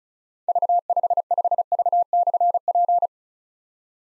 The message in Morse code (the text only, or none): V55V/P